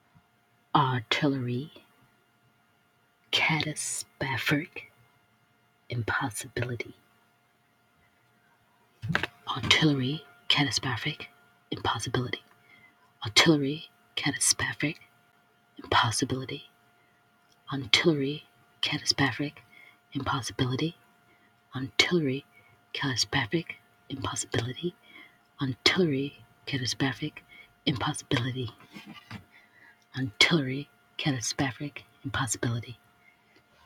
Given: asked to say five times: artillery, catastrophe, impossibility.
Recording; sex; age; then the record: three words, each repeated; female; 30 to 39 years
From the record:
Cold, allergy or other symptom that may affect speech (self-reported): no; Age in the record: 35 years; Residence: California, United States